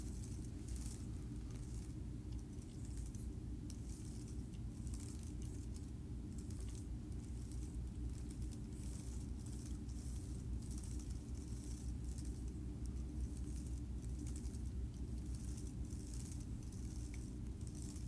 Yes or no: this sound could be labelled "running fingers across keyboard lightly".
yes